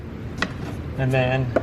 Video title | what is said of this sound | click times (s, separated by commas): 2013–2019 Nissan Sentra Faulty Code P0340 - Camshaft Position Sensor Replacement | press it until it snaps into place | 0.4 s